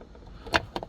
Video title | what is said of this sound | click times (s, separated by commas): How To Remove/Replace/Reattach 2019-2021 Jeep Grand Cherokee Rear View Mirror. | You have to, these little tabs right here, lock it into place. You see? | 0.6 s